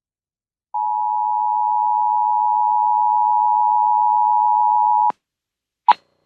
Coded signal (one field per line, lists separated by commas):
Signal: Emergency Alert System (SAME) tones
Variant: 853 and 960 Hz attention tone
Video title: November Marginal, EAS Alerts From 11/8/25: EAS #913-919